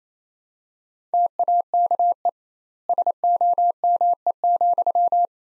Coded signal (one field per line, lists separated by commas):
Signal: Morse code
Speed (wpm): 28 wpm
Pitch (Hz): 700 Hz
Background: none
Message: TAKE SOME,